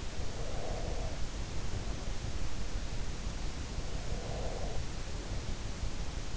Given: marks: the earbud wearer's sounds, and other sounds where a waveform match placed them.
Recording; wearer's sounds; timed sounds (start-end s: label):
sounds in sleep by an in-ear microphone; breath
0.32-2.10 s: breath
3.98-6.37 s: breath